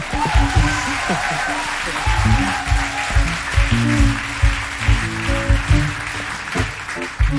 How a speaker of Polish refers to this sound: Wielkie brawa!